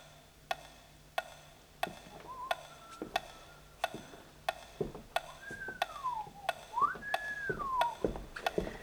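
A clock ticks steadily, sharp dry clicks roughly every two-thirds of a second, while a wavering whistled tune slides up and down over the ticking and a low hum sits underneath.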